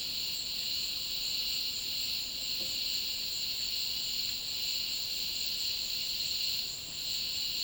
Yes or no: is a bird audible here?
no